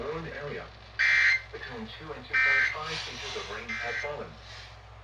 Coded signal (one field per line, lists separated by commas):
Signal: Emergency Alert System (SAME) tones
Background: speech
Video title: FFW on 11 stations and FFS on WDGG (6/15/25) EAS 3049-3061